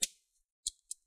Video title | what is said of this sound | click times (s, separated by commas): ASUS X515ja 🚩Bq504t 💻 Battery Replacement | make sure you hear those tiny clicks make sure you push down here too there's a tiny clips they should click in | 0.0 s, 0.7 s, 0.9 s